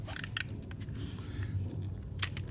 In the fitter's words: that's it that's it so it clicked in position